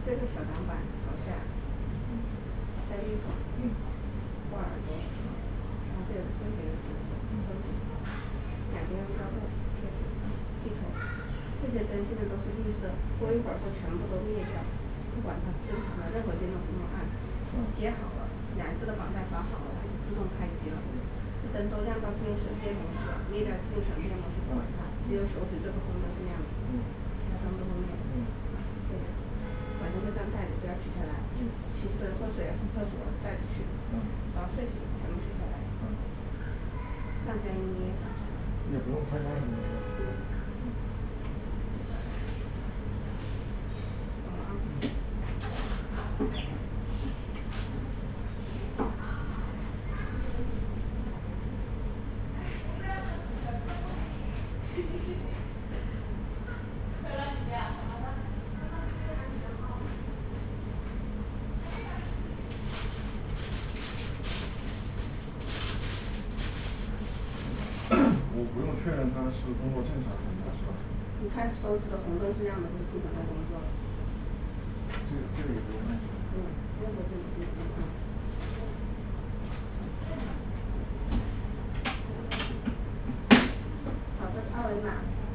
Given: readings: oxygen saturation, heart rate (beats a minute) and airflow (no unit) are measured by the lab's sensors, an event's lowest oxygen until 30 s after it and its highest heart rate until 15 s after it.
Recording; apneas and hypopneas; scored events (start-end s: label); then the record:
a person awake in a sleep study, by a smartphone at the bedside; none
0.00-85.35 s: awake
0.00-85.35 s: awake
From the record:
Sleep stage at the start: awake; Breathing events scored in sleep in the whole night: 210 in 6.9 hours asleep